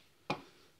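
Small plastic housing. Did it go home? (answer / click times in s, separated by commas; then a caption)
yes / 0.3 s. A small plastic Bluetooth mini speaker half from a D-Best duo set is pressed into its matching speaker half. One sharp click is heard at 0.3 s, with a short decay against a quiet background. The two halves click together and seat as one unit.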